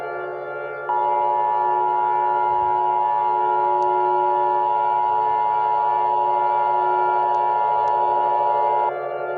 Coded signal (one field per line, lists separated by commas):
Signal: Emergency Alert System (SAME) tones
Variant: 853 and 960 Hz attention tone